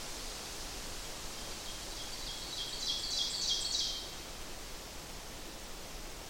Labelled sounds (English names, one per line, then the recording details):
Ovenbird song
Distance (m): 25 m
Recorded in boreal forest in Alberta, Canada, on 8 June 2016 at 05:58
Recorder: SongMeter 3, array SBT-3-9
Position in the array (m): 97 m, 99 m
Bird 34